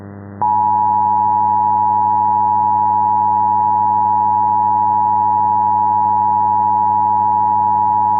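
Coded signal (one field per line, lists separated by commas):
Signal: Emergency Alert System (SAME) tones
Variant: 853 and 960 Hz attention tone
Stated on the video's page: Recreated mock brushfire alert, not a real alert.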